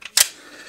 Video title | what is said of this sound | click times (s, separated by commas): Confusing Yet Innovative KelTec P15 - TheFirearmGuy | put it in there that that has to be perfect it'll snap into place | 0.2 s